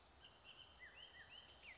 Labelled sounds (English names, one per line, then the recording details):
Bullock's Oriole
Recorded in Sonoma County, California